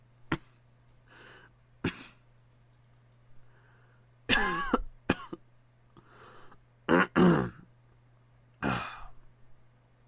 Real Cough.